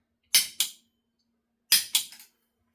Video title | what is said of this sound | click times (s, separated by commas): A1 Single Cartridge Seal Installation - Paradigm Seals™ Step-by-Step Guide | until you hear the torque wrench click. | 0.4 s, 0.6 s, 1.7 s, 1.9 s